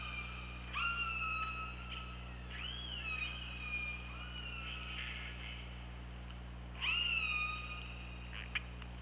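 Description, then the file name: Killer whale calls, long harmonic tones with sudden upward sweeps, a quieter stretch, then a sharp rising call near the end, steady low hum throughout. OrcaLab hydrophone, 24 August 2017 at 23:34. "Orca Lab UTLN JASON 20170824 233450"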